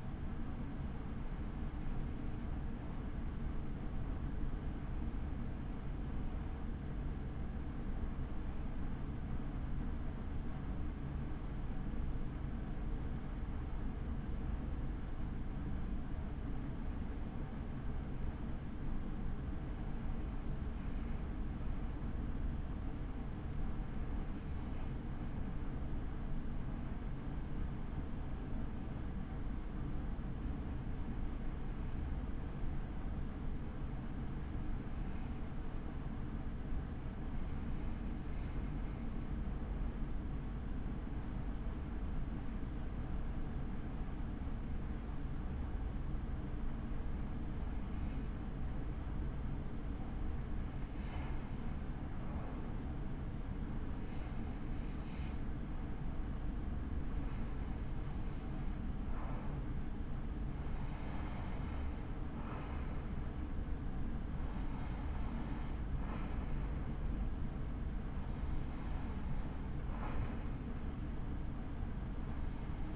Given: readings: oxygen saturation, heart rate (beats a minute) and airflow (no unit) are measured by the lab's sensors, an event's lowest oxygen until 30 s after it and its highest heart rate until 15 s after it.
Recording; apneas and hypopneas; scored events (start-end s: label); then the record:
breathing in sleep by a smartphone at the bedside; 1
4.00-46.40 s: hypopnea (N2, oxygen 96% highest, then 93% lowest)
9.00-72.96 s: new sleep stage, REM sleep
From the record:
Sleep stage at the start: N2 (light sleep); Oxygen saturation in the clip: 93 to 96%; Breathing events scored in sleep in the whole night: 83 in 6.1 hours asleep